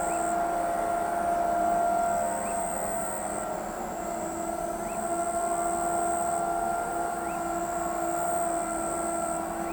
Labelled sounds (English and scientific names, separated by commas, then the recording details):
none
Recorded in pastures near Pivijay, Magdalena, Colombia, on 14 April 2023 at 23:00
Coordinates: 10.456, -74.369
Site P6-G026